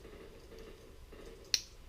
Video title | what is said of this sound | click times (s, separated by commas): Pelican Bass Raider Mods 2018 [Part 2] | hear that click hopefully you did that's in there now | 1.5 s